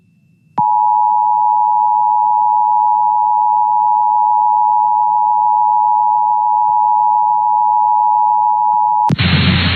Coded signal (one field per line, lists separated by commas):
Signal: Emergency Alert System (SAME) tones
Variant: 853 and 960 Hz attention tone